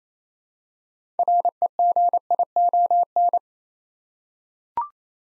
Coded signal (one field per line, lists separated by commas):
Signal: Morse code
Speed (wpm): 29 wpm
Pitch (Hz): 700 Hz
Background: none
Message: REGION